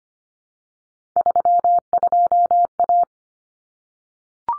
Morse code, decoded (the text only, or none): 32A